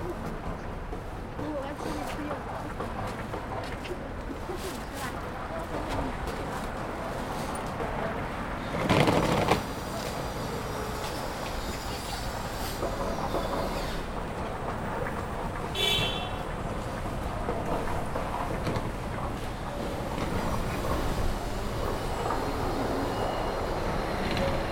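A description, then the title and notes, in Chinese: Waiting by Peking University's south gate: steady street din with traffic rumble and chatter, a sharp louder burst near nine seconds, and another around twenty-one. 仿佛在北大南门等人｜城市声音。气温在1度左右。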